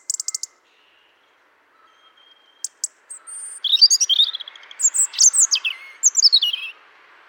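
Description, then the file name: European robin: a few quick high ticks, a pause, then a long, fluid run of sweet, high warbling notes. "Erithacus rubecula"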